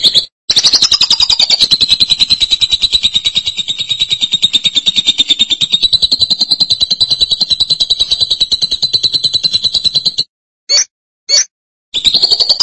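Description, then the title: Lovebird in a long, continuous buzzy chatter, starting higher then settling to a steady shrill pitch, then two brief sharp chips and a final burst. "BM Suara Burung Lovebird"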